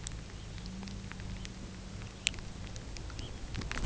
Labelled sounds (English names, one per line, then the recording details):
Red Phalarope
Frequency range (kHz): Red Phalarope 2.1-4.0 kHz
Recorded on Arctic tundra, site UTQI-5, on 13 June 2019
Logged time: 18:00